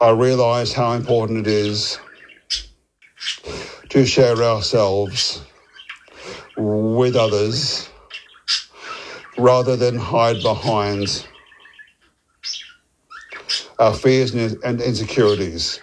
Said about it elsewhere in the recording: As someone who stutters, I spent a lot of time navigating those challenges. I recently attended a Maguire course in Melbourne to work on my speech and take back control.